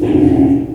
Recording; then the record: squeal of a Yucatan mini pig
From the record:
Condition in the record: before surgery on the right vocal fold (resection and tissue-engineered implant); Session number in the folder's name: 1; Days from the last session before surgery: -21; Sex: female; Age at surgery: 19 weeks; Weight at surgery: 25 kg